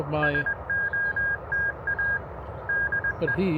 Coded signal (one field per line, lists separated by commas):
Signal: Morse code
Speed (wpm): 20 wpm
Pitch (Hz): 1600 Hz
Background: speech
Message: SOTA DE